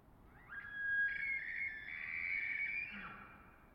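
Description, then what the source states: Elk bull bugling: a rising whistle that climbs and holds a long, bright, reedy high note, ending in a short low grunt, over a quiet hiss. Elk bulls bugling in the distance, softened by hillside and forest reverberation; Colockum Wildlife Area at the border of Coffin Game Reserve; weekend camping in the last week before firearm hunting season.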